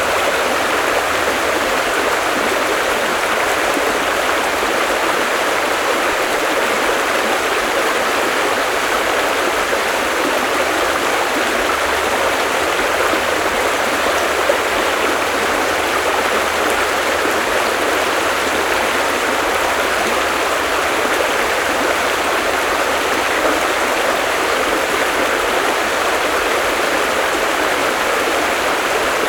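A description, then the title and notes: A stream runs close by, its rushing water a steady, dense wash of sound that never lets up across the whole stretch. The flow sits mostly in the middle and upper range, bright and hissing, with little depth below and no separate events standing out. Comforting Spot Near The Stream.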